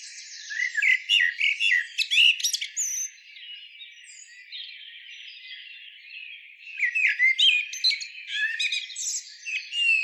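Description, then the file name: Common blackbird song: a warbled phrase ending in scratchy high twitters, a soft pause of several seconds, then another similar phrase. "Turdus merula"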